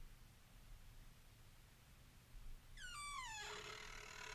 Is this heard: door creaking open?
yes